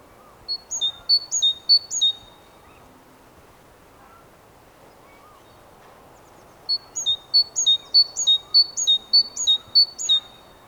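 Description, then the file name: Great tit song: bright high phrases of alternating notes repeated quickly in two bursts, the second longer, with a quiet gap between and low background noise. "Parus major"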